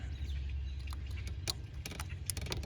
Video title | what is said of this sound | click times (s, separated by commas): 2015 Buick Verano Fuel Pressure Sensor Part 2 | here and I heard that click and that's already pushed in so we're good there | 2.3 s